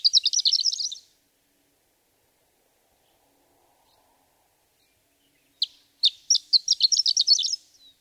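Horned lark song: a high, tinkling, jumbled phrase of rapid notes lasting about a second, then silence, then a longer sputtering phrase that starts with a few separate notes.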